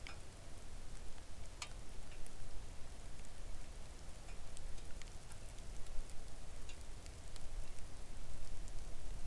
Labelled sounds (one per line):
rain